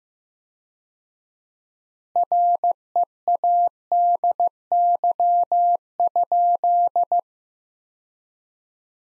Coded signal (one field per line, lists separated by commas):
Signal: Morse code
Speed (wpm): 16 wpm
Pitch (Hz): 700 Hz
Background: none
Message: READY?